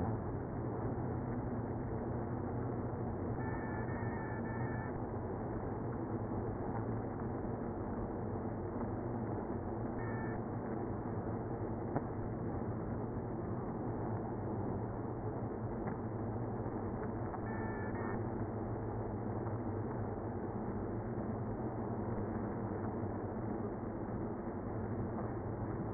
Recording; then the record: honeybee colony, microphone inside the hive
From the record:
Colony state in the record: queenless (queen removed); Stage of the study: after two queens were removed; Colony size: about 60,000 bees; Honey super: yes